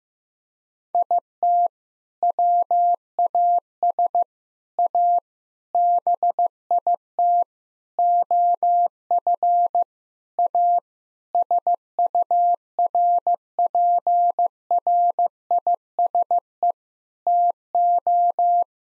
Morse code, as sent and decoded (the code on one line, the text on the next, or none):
.. - / .-- .- ... / .- / -... .. - / --- ..-. / .- / ... ..- .-. .--. .-. .. ... . / - ---
IT WAS A BIT OF A SURPRISE TO